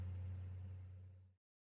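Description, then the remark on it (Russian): A heavy Ural military truck engine growls and revs as it pulls away and gathers speed, a deep steady rumble with strong low tones that fades slightly before stopping abruptly after under a second and a half. “Урал рыкнул двигателем и начал размеренно набирать скорость.”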